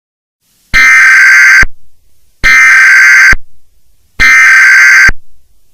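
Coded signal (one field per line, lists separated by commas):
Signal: Emergency Alert System (SAME) tones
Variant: header bursts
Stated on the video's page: Fictional zombie EAS scenario, a simulated alert rather than a real broadcast.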